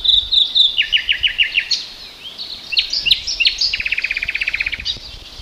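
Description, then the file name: Common nightingale song: a bright note series, a run of repeated slurred notes, scattered whistles, then a long, even rattle of rapidly repeated notes. "Luscinia megarhynchos"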